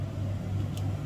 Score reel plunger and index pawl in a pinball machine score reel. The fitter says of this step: it comes straight back there's no positive click now the reason that is is the index pawl isn't checking